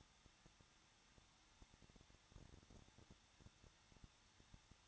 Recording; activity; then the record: daily activity, microphone in the room; no activity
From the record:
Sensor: 3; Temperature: 21.2 degrees Celsius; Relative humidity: 36.4%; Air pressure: 1006.3 hPa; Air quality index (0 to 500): 222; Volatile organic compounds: 41 ppm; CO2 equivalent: 3172 ppm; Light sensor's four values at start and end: 2/3/2/2 and 2/3/2/2